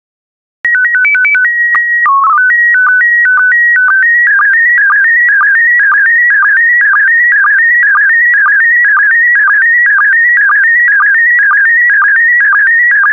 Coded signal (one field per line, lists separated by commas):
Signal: SSTV (slow-scan television)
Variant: PD 120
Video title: 155082 Canoeing and Kayaking SSTV PD120